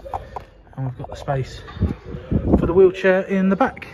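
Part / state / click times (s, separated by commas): wheelchair ramp into its tailgate lock / seated / 0.1 s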